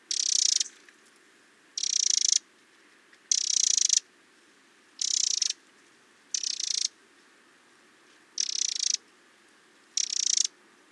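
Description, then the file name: Eurasian wren giving dry, harsh rattling bursts, each about half a second long, repeated roughly every one and a half seconds, with a quiet background. "Troglodytes troglodytes"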